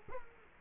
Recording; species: mosquito wingbeat signal from an infrared sensor; Culex quinquefasciatus